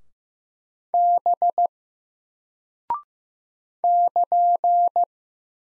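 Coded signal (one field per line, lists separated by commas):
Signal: Morse code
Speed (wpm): 15 wpm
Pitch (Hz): 700 Hz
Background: none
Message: B <KN>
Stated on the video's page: Single-character Morse practice at 15 wpm covering letters, numbers, punctuation and prosigns; each is sent, spoken, then sent again for head copy.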